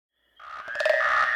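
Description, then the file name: Frog croaking, a single drawn-out buzzy call that starts abruptly. "Frosch"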